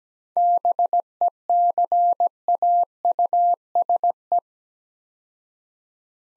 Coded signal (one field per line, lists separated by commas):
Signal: Morse code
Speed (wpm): 17 wpm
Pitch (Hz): 700 Hz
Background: none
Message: BECAUSE